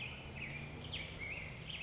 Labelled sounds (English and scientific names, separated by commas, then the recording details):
Black-headed Grosbeak (Pheucticus melanocephalus)
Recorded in Sonoma County, California